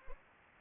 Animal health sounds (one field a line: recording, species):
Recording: mosquito wingbeat signal from an infrared sensor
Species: Anopheles arabiensis